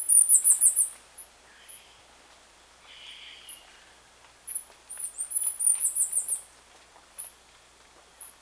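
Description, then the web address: Bird produces two rapid, high-pitched warbling trills separated by a pause, with a few isolated chirps between them. "BIRD 2015 SABIOD"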